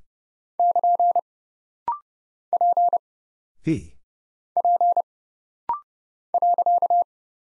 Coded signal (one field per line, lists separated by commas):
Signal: Morse code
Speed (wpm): 30 wpm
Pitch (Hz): 700 Hz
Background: none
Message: <KN> P P .